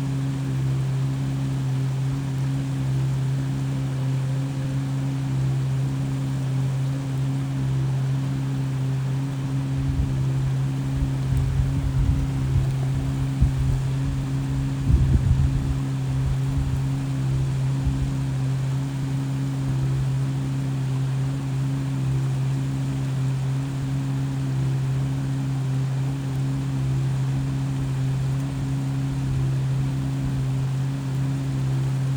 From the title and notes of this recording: Stream water running over rocks with calming hum from a distant engine in Phoenix Arizona. I camped out by a stream just South of Phoenix, AZ near one of the amazing resorts. The water and the hum of the big engine in the distance.